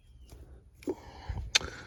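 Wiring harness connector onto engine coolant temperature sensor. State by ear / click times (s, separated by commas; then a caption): not seated / none. A plastic wiring harness connector is pushed onto a new engine coolant temperature sensor on a Sierra pickup engine, with faint handling rustles, a soft knock near 0.9 s and a sharp tap near 1.6 s. The connector does not snap in, and nothing has clicked or latched yet.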